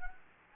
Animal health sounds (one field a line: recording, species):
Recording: mosquito wingbeat signal from an infrared sensor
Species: Anopheles gambiae